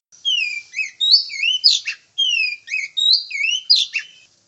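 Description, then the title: Oriental magpie-robin song: loud whistled phrases with rising and falling slurs and buzzy notes, sung in two similar bursts. Champion singer in full, active song. "Kacer Juara Gacor"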